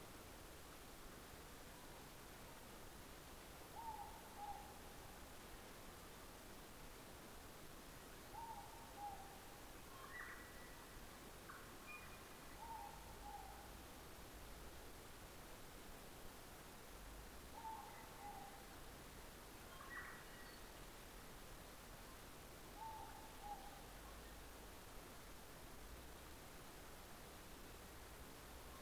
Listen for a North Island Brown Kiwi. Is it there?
no